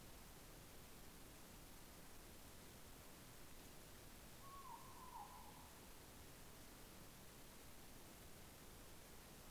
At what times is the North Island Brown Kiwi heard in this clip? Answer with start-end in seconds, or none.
none